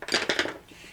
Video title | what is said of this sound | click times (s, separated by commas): Boltface (extractor and ejector) reassembly.wmv | and that go and you can push that ejector that extractor in and it'll click right in place | 0.3 s